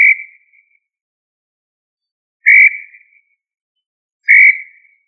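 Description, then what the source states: Quail call: a clear, steady whistled note that fades out, repeated three times about two seconds apart, with silence between. Listed under the tinamou family, Tinamidae.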